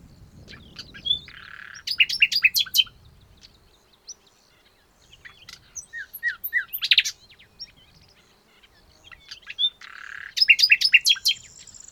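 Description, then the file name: Common nightingale song in three phrases of rapid clicking notes, buzzy trills and sharp high chirps, with quiet pauses between them. "Luscinia megarhynchos"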